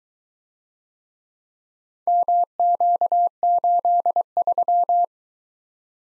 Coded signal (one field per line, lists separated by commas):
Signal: Morse code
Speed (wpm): 22 wpm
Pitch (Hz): 700 Hz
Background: none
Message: MQ83